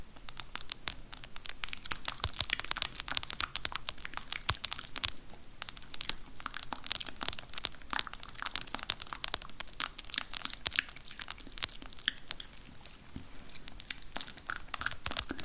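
Long nails and random objects make a dense, unbroken run of crisp clicks, crackles and crinkling taps across the whole stretch. The sounds are bright and sharp, arriving quickly and irregularly, with a few louder snaps standing out. No steady tone or voice comes through.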